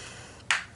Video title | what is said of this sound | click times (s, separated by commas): Loving Tan Demo and Review! | just unfold it and it clicks into place, and it's like this, and it's long, and you're supposed to be like, ah. | 0.5 s